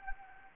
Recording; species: mosquito wingbeat signal from an infrared sensor; Anopheles gambiae